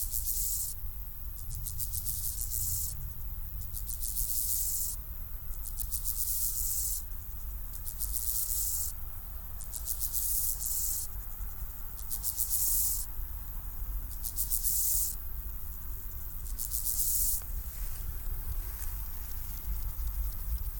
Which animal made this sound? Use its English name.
Steppe Grasshopper